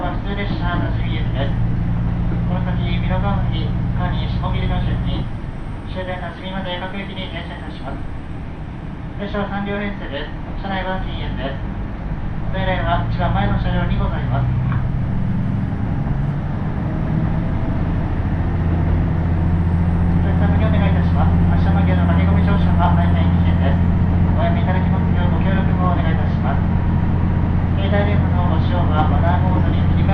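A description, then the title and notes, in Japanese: A diesel railcar's steady low engine drone deepens and grows slightly louder after the midpoint as the train works harder. Voices talk in short bursts throughout, over the constant rumble. 太多線 美濃太田→多治見キハ75。そんな変わりやすい天気の中を多治見に向かって快走していきます。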